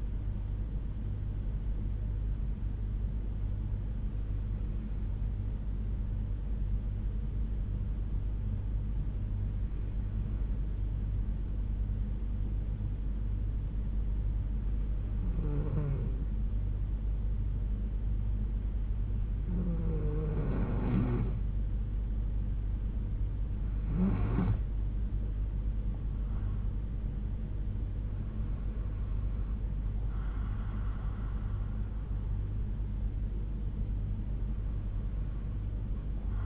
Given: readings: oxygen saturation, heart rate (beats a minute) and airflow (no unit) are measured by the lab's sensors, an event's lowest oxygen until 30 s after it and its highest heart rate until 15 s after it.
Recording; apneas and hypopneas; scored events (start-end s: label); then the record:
breathing in sleep by a smartphone at the bedside; 1
4.00-25.10 s: hypopnea (N2, oxygen 97% highest, then 90% lowest, heart rate 59 at the start, 73 highest)
From the record:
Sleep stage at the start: N2 (light sleep); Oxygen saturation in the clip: 90 to 97%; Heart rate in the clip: 58 to 73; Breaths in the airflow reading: 7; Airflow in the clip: -7.2 to 6.2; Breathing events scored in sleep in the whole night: 368 in 8.0 hours asleep